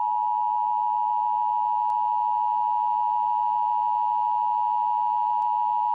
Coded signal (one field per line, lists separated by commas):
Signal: Emergency Alert System (SAME) tones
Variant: 853 and 960 Hz attention tone